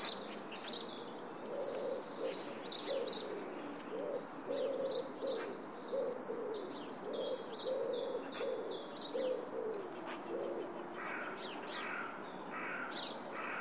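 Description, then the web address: Bird calls: a string of low, short cooing notes running through most under quieter high chirps and a steady background hiss. "Bird Only"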